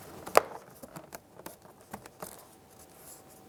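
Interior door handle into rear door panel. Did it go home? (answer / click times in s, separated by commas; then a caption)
yes / 0.4 s. A plastic interior door handle assembly for the rear driver's side door of a 1998-2002 Lincoln Navigator is hooked behind the door panel at the back, then its front is rolled into place and pressed home. A sharp click at 0.4 s marks the handle snapping in and seating securely, followed by a few softer ticks and light plastic handling sounds.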